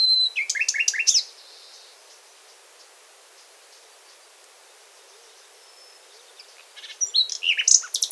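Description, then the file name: Common nightingale song phrases: quick chirps sliding downward, followed by a long quiet gap before another burst of sharp, varied notes. "Luscinia megarhynchos"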